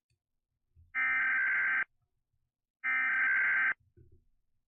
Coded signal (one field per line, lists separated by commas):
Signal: Emergency Alert System (SAME) tones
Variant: header bursts